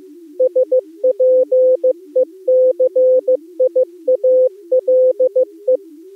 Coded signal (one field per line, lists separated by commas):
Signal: Morse code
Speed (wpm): 12 wpm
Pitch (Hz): 510 Hz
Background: music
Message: SPECIALE